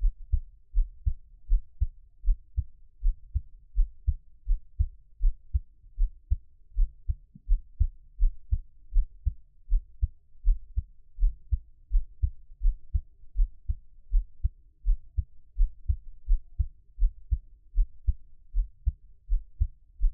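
Soft, steady low thumps of a normal adult heartbeat, about 81 beats a minute, even rhythm.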